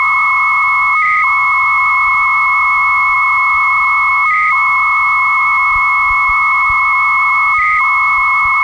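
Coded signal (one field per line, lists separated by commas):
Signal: 300-baud modem data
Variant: Bell 103 300 baud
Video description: Deux modems qui communiquent entre eux à 300bps pour transférer un fichier de 5ko.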